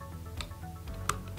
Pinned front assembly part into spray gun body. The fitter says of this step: once you feel it it locks into place that holds this whole assembly just